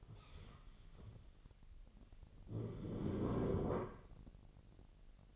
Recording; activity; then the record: daily activity, microphone in the room; stand up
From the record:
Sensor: 4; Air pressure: 1002.8 hPa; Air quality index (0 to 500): 249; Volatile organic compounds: 30 ppm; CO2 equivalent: 2952 ppm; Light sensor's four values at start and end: 9/21/9/9 and 9/21/9/9